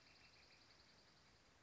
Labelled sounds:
Dark-eyed Junco (Junco hyemalis)
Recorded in Sonoma County, California

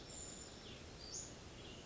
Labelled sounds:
Western Flycatcher (Empidonax difficilis)
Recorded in Sonoma County, California

